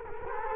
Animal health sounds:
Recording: mosquito wingbeat signal from an infrared sensor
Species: Culex quinquefasciatus

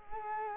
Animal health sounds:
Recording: mosquito wingbeat signal from an infrared sensor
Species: Culex quinquefasciatus

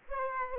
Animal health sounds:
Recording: mosquito wingbeat signal from an infrared sensor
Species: Aedes aegypti

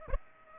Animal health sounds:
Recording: mosquito wingbeat signal from an infrared sensor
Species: Aedes aegypti

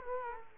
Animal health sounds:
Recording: mosquito wingbeat signal from an infrared sensor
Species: Culex quinquefasciatus

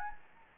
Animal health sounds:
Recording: mosquito wingbeat signal from an infrared sensor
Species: Anopheles gambiae

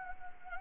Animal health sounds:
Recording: mosquito wingbeat signal from an infrared sensor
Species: Anopheles gambiae

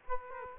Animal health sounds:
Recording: mosquito wingbeat signal from an infrared sensor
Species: Culex quinquefasciatus

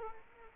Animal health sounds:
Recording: mosquito wingbeat signal from an infrared sensor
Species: Aedes aegypti

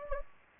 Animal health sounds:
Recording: mosquito wingbeat signal from an infrared sensor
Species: Anopheles gambiae

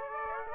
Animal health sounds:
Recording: mosquito wingbeat signal from an infrared sensor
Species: Aedes aegypti

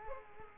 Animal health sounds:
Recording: mosquito wingbeat signal from an infrared sensor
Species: Culex quinquefasciatus

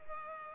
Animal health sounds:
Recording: mosquito wingbeat signal from an infrared sensor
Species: Culex pipiens

